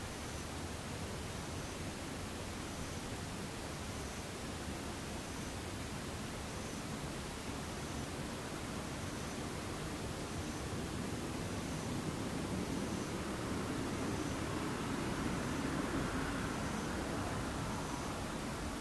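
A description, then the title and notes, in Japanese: Daytime insects chirp faintly and regularly every second or so over a steady rushing hiss that swells slightly louder after twelve seconds. 無音ムシ昼。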